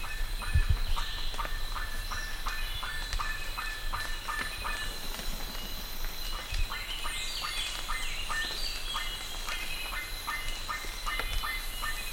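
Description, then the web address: Bird calling with a steady series of short notes, several higher twittering whistles, and low rumbling noise throughout. "BIRD 2015 SABIOD 50 bird 2015"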